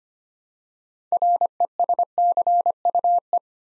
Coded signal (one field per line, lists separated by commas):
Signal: Morse code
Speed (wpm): 25 wpm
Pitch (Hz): 700 Hz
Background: none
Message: RESCUE